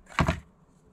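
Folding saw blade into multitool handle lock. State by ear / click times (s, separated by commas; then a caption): seated / 0.2 s. The metal saw blade of a Heartgon 12-in-1 multitool (hammer and pliers) is folded out into the handle until it locks open, giving a sharp click at 0.2 s and a second, softer click at 0.3 s. Both are broadband, with no talk in the clip. The blade seats and locks in place, so it cannot be pulled down.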